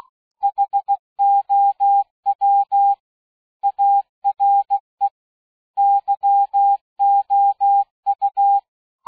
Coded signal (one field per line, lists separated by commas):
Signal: Morse code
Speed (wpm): 16 wpm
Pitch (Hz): 800 Hz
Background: music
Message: HOW ARE YOU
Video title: What Is Morse Code // Learning From Home